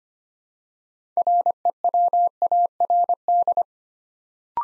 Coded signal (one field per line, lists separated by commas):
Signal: Morse code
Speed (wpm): 25 wpm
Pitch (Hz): 700 Hz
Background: none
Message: REWARD